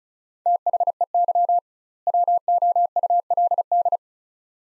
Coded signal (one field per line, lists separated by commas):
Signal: Morse code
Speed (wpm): 36 wpm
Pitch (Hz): 700 Hz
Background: none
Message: THEY WOULD